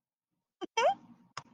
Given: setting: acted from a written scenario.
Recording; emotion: vocal sound without words; adoration